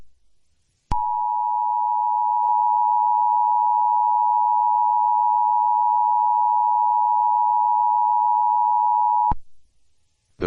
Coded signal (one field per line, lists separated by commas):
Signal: Emergency Alert System (SAME) tones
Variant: 853 and 960 Hz attention tone